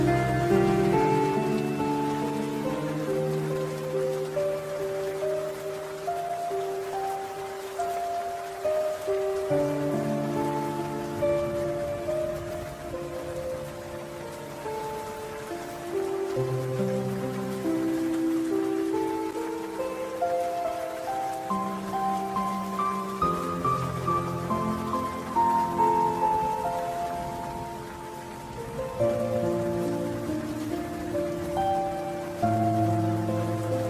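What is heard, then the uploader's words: Soft piano plays slow, sustained chords and gentle melodic lines, changing harmony every few seconds with a warm low register. Behind it, a steady hiss of light rain runs evenly without pause, holding the same level throughout. Peaceful Piano & Soft Rain SLEEP AID. Soft Piano and Rain Sounds Sleep Aid.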